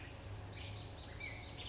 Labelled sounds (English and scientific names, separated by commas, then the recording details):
California Towhee (Melozone crissalis)
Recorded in Sonoma County, California